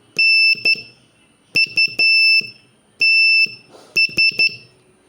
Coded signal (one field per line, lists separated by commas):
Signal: Morse code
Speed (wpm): 12 wpm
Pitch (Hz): 2650 Hz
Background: none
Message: NUTS